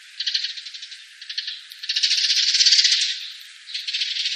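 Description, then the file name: Eurasian tree sparrow chattering calls, a dense rattling chatter of overlapping chirps, loudest in the middle, with quieter bursts before and after. "suzume"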